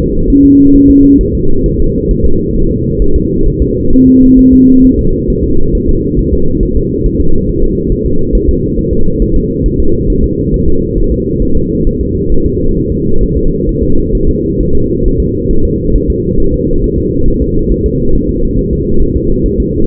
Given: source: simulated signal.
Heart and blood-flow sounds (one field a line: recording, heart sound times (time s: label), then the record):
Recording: fetal heart sounds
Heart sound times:
0.30 s: S1
0.44 s: S2
0.76 s: S1
0.90 s: S2
1.21 s: S1
1.35 s: S2
1.66 s: S1
1.80 s: S2
2.11 s: S1
2.25 s: S2
2.56 s: S1
2.71 s: S2
3.02 s: S1
3.16 s: S2
3.47 s: S1
3.62 s: S2
3.93 s: S1
4.07 s: S2
4.39 s: S1
4.53 s: S2
4.85 s: S1
4.99 s: S2
5.30 s: S1
5.44 s: S2
5.75 s: S1
5.89 s: S2
6.19 s: S1
6.33 s: S2
6.63 s: S1
6.77 s: S2
7.06 s: S1
7.20 s: S2
7.49 s: S1
7.63 s: S2
7.92 s: S1
8.06 s: S2
8.35 s: S1
8.49 s: S2
8.79 s: S1
8.93 s: S2
9.22 s: S1
9.36 s: S2
9.66 s: S1
9.80 s: S2
10.10 s: S1
10.24 s: S2
10.54 s: S1
10.68 s: S2
10.98 s: S1
11.12 s: S2
11.42 s: S1
11.56 s: S2
11.87 s: S1
12.01 s: S2
12.32 s: S1
12.46 s: S2
12.78 s: S1
12.92 s: S2
13.23 s: S1
13.37 s: S2
13.69 s: S1
13.83 s: S2
14.15 s: S1
14.29 s: S2
14.61 s: S1
14.75 s: S2
15.06 s: S1
15.20 s: S2
15.51 s: S1
15.65 s: S2
15.96 s: S1
16.10 s: S2
16.40 s: S1
16.54 s: S2
16.84 s: S1
16.98 s: S2
17.28 s: S1
17.42 s: S2
17.72 s: S1
17.86 s: S2
18.15 s: S1
18.29 s: S2
18.59 s: S1
18.73 s: S2
19.02 s: S1
19.16 s: S2
19.46 s: S1
19.60 s: S2
From the record:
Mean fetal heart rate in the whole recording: 135 bpm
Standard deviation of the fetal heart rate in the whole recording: 3 bpm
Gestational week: 36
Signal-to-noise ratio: -19.1 dB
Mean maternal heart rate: 72 bpm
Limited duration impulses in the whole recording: present